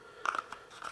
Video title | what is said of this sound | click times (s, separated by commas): BATTLBOX : Mission #80 (October 2021) Instagram Famous Cleaver, Fire From The UK, & More... | that one on there all right that snapped in place | 0.3 s, 0.4 s